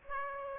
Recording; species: mosquito wingbeat signal from an infrared sensor; Aedes aegypti